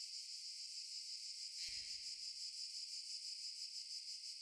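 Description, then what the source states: Cicada buzzing: a steady, high, finely pulsed drone, with one brief low thump near the middle. In underbrush.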